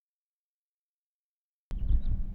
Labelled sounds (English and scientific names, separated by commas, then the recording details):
House Finch (Haemorhous mexicanus) song
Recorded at Oceanside on Long Island, New York, on 17 June 1975
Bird A